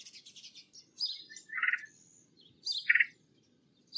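Red-headed woodpecker uttering two rough, buzzy calls about a second apart, with higher twittering before and between them.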